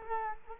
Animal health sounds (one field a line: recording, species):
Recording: mosquito wingbeat signal from an infrared sensor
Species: Culex quinquefasciatus